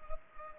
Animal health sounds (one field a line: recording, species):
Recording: mosquito wingbeat signal from an infrared sensor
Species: Culex pipiens